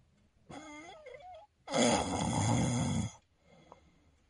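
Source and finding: Adult man, sleeping. Snoring with obstructive sleep apnea.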